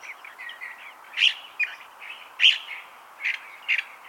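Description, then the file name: California thrasher song with soft warbling between several louder, emphatic notes. "Toxostoma redivivum - California Thrasher"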